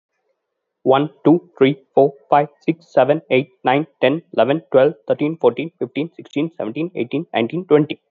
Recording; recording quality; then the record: counting at a fast pace; excellent, no background noise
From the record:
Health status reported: healthy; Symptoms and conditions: none ticked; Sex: male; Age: 30 years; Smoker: not ticked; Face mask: not worn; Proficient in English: yes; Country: India